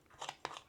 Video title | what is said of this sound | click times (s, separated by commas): This Weeks eBay Purchase - Score or Bust - We will Find Out Together | snaps back in let's go ahead and put that front cover back on | 0.4 s